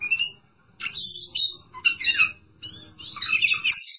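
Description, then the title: Oriental magpie-robin song with sharp high whistles and scratchy, jumbled notes in quick bursts, a low faint rumble underneath. Song (kicauan). "Suara Kicauan Burung Kacer"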